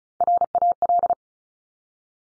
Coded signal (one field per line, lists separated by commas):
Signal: Morse code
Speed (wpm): 36 wpm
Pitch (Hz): 700 Hz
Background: none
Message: RAL